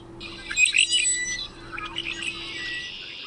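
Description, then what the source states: Red-winged blackbird song: a few high, sharp introductory notes followed by a buzzy, trilled ending, with a faint steady hum underneath. Example of a regional song dialect, compared between California and Massachusetts birds; the song is learned from adults.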